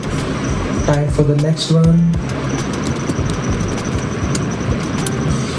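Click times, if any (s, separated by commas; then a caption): 4.4 s, 5.1 s. Someone talks as a second memory module is lined up and pushed into its motherboard slot over a steady background hum. Short sharp clicks at 4.4 s and 5.1 s show the module seated, and the click means it is done and no more force is needed.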